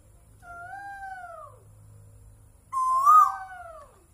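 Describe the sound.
Bird calls: a soft, drawn-out, falling two-tone whistle, then a loud, harsh, arched note that blends into another smooth, falling whistle.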